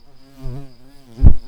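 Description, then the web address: Garden bumblebee buzz: a low, droning hum that wavers in pitch, with a loud brief thump or bump partway through. Queen. "bumblebees Hortorum-queens"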